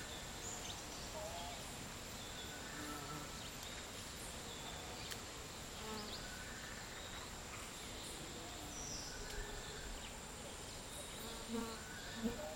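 Midday ambience in a Costa Rican dry forest, a dense, steady hum of insects filling the air with a constant high whine running throughout. Faint scattered chirps and short calls drift in and out, with a couple of brief louder clicks near the end.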